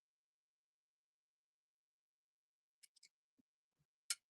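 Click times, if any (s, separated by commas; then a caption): 4.1 s. A battery mounting screw is driven into an unstripped hole in the frame of a 26-inch high-powered e-bike. After a few faint ticks, it tightens with one sharp click at 4.1 s. The screw bites and holds.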